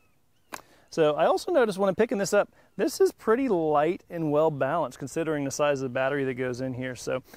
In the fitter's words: the battery placement so we are now just straight up through the top clicks in place and makes its ready to go so